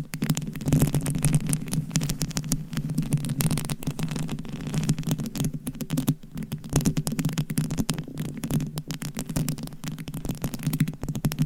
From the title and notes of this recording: ASMR Mic Scratching & Tapping on DIY Mic Cover. Asmr No Talking.